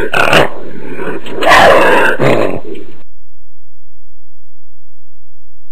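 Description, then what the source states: Jaguar call: three harsh, rasping grunting bursts in the first three seconds, the middle one the loudest, followed by silence. Ripping call.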